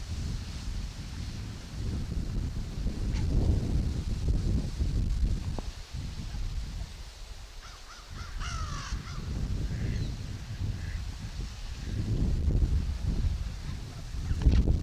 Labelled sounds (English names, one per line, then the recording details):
Hawaiian Goose call
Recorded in captivity
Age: adult
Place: Wildlife Park Shubenacadie, Nova Scotia, CA
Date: 1991-10-10 11:51
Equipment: Sony WM-D6C, Sony ECM-939 LT (Stereo), Kopie Uher 4400 IC
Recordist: Frommolt, Karl-Heinz